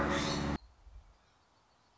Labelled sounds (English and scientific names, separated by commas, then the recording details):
Song Sparrow (Melospiza melodia)
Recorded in Sonoma County, California